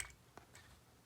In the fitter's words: simply by simply by turning on the side you heard it click